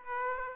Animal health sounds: mosquito wingbeat signal from an infrared sensor; Aedes aegypti

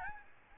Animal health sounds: mosquito wingbeat signal from an infrared sensor; Aedes albopictus

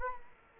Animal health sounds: mosquito wingbeat signal from an infrared sensor; Culex quinquefasciatus

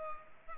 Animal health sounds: mosquito wingbeat signal from an infrared sensor; Culex pipiens

